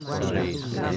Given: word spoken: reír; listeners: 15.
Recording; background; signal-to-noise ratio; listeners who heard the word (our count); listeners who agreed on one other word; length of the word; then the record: one Spanish word in noise, from a listening test; eight-talker babble; -3.4 dB; 0 of 15; 7 of 15; 0.57 s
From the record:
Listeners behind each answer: 7, 1, 1, 1, 1, 1, 1, 1, 1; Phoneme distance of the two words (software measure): 21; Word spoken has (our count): 2 syllables, 4 phonemes, stress on syllable 2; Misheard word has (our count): 3 syllables, 7 phonemes, stress on syllable 3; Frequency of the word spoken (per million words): 17.24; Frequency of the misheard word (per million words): 9.17